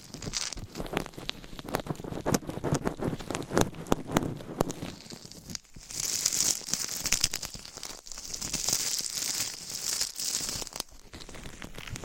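Scratching and brushing on a microphone, a dense run of dry crackling strokes with sharp clicks scattered throughout. The first half is rougher and fuller in the low end; after a brief pause near six seconds the brushing turns brighter and hissier, with more separate taps.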